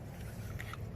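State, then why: Not seated. A wiring harness connector for a Superchips Pulsar tuning module on a Jeep Gladiator is handled outside the vehicle as it is pushed toward its mating plug. A steady low rumble runs throughout, with brief faint handling ticks near 0.6, 0.7 and 1.0 seconds. Nothing has seated or clicked yet.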